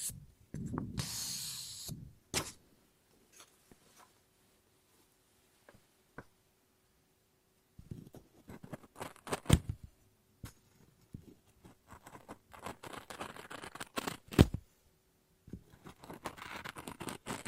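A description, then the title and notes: Scissors snip and cut paper, opening with a loud rustling burst in the first two seconds, then a long quiet stretch with only a few isolated clicks. From about eight seconds on, irregular bursts of crisp snipping and crinkling return, with sharp peaks near 9.5 and 14.5 seconds. ASMR Scissors No Talking Snips and Cutting Paper.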